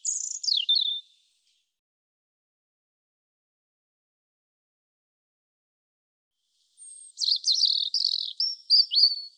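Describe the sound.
European robin song: a short high descending warble, a pause of several seconds, then a longer jumbled phrase of thin, sliding high notes, with silence between.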